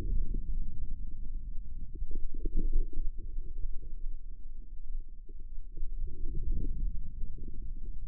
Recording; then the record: forearm muscle sounds (acoustic myography)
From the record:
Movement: ulnar deviation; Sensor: system 2, bracelet of six BSWA MPA416 microphones around the upper forearm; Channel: 5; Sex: female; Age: 25 years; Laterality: right